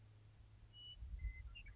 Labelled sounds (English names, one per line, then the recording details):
Western Meadowlark
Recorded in Sonoma County, California